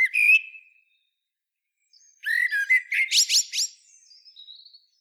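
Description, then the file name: Common blackbird song: the tail of a fluty phrase, then a fresh phrase of rich warbled notes breaking into sharp high squeaky chips, fading with thin wisps. "Turdus merula"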